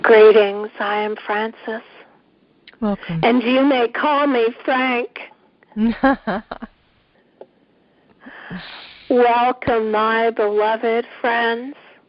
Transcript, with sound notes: Greetings, I Am Francis.
Welcome.
And you may call me Frank! [Laughter] Welcome, my beloved friends.